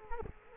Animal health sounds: mosquito wingbeat signal from an infrared sensor; Culex quinquefasciatus

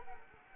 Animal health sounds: mosquito wingbeat signal from an infrared sensor; Anopheles arabiensis

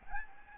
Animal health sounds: mosquito wingbeat signal from an infrared sensor; Aedes albopictus

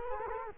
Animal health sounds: mosquito wingbeat signal from an infrared sensor; Culex quinquefasciatus

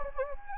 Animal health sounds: mosquito wingbeat signal from an infrared sensor; Anopheles gambiae

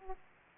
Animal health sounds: mosquito wingbeat signal from an infrared sensor; Aedes aegypti

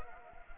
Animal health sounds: mosquito wingbeat signal from an infrared sensor; Anopheles gambiae

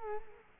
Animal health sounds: mosquito wingbeat signal from an infrared sensor; Culex quinquefasciatus

